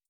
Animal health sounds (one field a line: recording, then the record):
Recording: hydrophone in a shrimp aquaculture tank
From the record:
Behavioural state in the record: starved